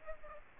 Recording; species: mosquito wingbeat signal from an infrared sensor; Aedes aegypti